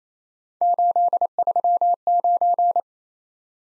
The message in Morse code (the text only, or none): 839